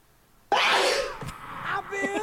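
A single sudden, forceful sneeze bursts out of silence, followed by music mixed in behind it.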